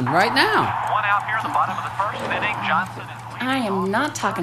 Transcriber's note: sound of TV being turned on and baseball game announcer in the background